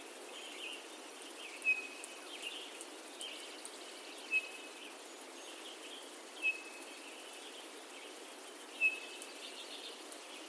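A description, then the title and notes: A morning forest in the Rocky Mountains with a steady bed of soft hiss and insect buzz. One bird repeats a short, sharp, high whistle about every two seconds, four times in all, while fainter chirps and twitters scatter through the background. Rocky Mountain Forest Morning.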